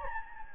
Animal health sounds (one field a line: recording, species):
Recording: mosquito wingbeat signal from an infrared sensor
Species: Anopheles gambiae